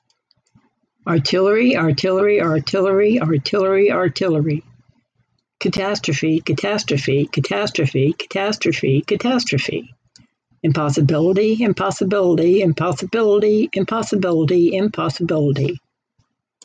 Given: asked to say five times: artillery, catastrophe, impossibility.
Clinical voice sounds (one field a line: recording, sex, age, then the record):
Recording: three words, each repeated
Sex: female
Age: 60 to 69 years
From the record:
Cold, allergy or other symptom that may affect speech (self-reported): no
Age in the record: 69 years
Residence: Florida, United States